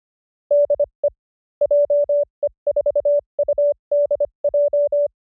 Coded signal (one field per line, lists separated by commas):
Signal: Morse code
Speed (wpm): 25 wpm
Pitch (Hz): 580 Hz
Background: none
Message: DE JE4UDJ